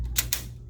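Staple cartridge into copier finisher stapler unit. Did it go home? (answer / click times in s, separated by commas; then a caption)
yes / 0.2 s, 0.3 s. A new plastic staple cartridge is pushed into the stapler assembly of a Ricoh copier's finisher, over a steady low hum. Two sharp plastic clicks land at 0.2 s and 0.3 s, and the cartridge is seated.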